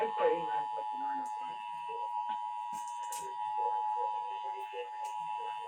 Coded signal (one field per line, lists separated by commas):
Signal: Emergency Alert System (SAME) tones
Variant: 853 and 960 Hz attention tone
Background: speech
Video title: THE 2023 PREMIERE! (EAS Compilation) EAS Alerts from 1/9 - 1/10/2023